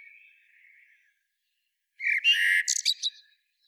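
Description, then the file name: Eurasian blackbird song: a faint warble at first, then after a pause one short phrase of loud, high, squeaky twittering notes. "Turdus merula"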